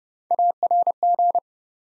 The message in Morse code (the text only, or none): ARG